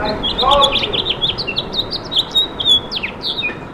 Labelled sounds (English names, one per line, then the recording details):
House Finch song
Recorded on Long Island, New York, on 17 May 2012
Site AB
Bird B